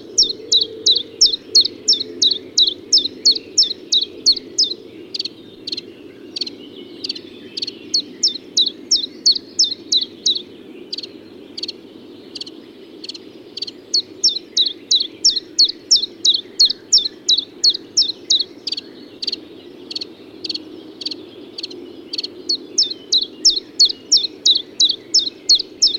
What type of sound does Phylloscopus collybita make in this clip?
song